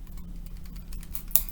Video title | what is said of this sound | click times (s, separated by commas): Inhaled Medications | until it clicks away, because that's the actual dose. | 1.4 s